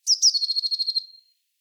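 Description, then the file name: Eurasian blue tit scolding: two quick high notes leading straight into a dry, rapidly pulsed churr that tails off within a second. "Cyanistes caeruleus"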